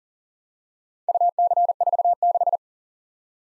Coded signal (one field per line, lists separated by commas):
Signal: Morse code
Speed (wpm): 42 wpm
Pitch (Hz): 700 Hz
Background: none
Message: UC46